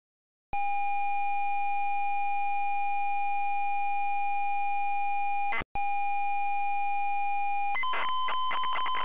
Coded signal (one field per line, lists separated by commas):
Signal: ZX Spectrum tape loading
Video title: ZX SPECTRUM Loading Cosmic Cruiser 1984 Imagine Software Ltd.